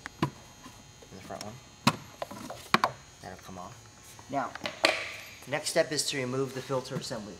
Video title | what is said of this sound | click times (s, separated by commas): HPF 135i/335i Oil Catch Tank Installation | once again you'll hear it pop open | 0.1 s, 0.2 s